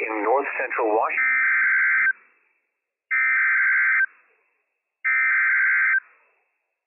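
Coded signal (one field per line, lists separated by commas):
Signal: Emergency Alert System (SAME) tones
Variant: header bursts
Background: speech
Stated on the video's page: Operational NWS Flash Flood and Severe Thunderstorm Warning tones relayed by NOAA Weather Radio station WWF56.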